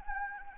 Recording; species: mosquito wingbeat signal from an infrared sensor; Anopheles gambiae